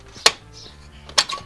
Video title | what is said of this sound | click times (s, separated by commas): Frigidaire / Kenmore Stove Burner Element Replacement and Troubleshooting | then it'll pop out just like that and | 0.3 s, 1.2 s